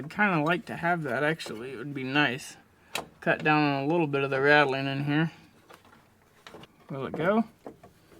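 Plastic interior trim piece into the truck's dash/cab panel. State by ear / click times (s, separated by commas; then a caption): not seated / none. A plastic interior trim piece is being pushed into the dash/cab panel of an old pickup's cab to cut down on rattling. Someone talks, then a few faint handling taps and scrapes are heard in the quieter stretch near the end. Nothing has seated or clicked into place yet.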